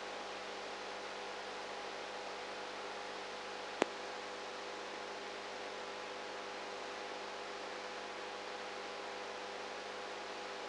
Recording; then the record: brain microelectrode recording played as sound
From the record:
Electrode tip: outside the subthalamic nucleus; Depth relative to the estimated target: -6 mm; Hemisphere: right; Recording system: NeuroSet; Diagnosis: Parkinson's disease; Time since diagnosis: 19 years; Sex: female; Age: 58 years